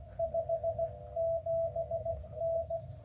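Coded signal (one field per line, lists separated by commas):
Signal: Morse code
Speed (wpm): 16 wpm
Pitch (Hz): 650 Hz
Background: none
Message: 57N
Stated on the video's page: Morse from a park activation in the Angeles National Forest near Mount Wilson.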